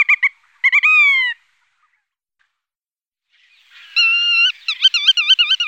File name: aguja colinegra